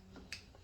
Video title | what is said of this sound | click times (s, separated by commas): DYNOJET PV3 CAN-AM RYKER HOW TO FLASH A CUSTOM TUNE FROM AN EMAIL | You'll hear it snap in. | 0.3 s